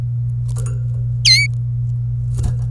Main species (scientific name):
Serinus canaria